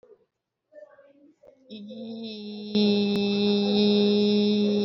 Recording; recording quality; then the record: sustained vowel as in beet; excellent, no background noise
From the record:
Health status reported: recovered from COVID-19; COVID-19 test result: positive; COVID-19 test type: RT-PCR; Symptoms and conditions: cough, sore throat, fatigue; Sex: female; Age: 33 years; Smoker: no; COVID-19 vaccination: both doses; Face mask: worn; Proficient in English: yes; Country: India